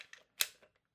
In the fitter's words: it snaps right in. It works perfectly all day long. Right?